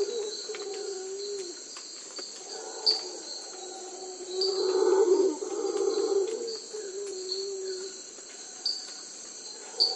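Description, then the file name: Howler monkey howling, a low rough roar swelling for a few seconds midway, over steady high insect buzzing and scattered bird chirps. "singe hurleur"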